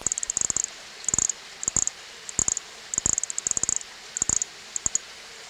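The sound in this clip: Nesobia mjobergi call: very high, fast chattering clicks in several dense bursts, with a hissy background.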